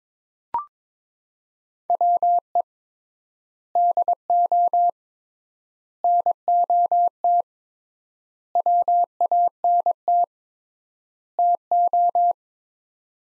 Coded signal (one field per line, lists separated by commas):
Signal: Morse code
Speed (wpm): 21 wpm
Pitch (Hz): 700 Hz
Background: none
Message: WE DO NOT WANT TO